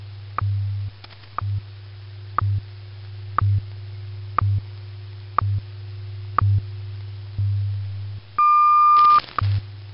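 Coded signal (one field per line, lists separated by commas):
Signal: radio time signal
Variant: WWVH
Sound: sharp tick each second over a low hum, then a long high beep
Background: radio static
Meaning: The long 1200 Hz tone marks the start of a new minute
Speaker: the audio signal heard on the wwvh radio broadcast is available by telephone including all time time code audio frequency and announcement information heard on the broadcast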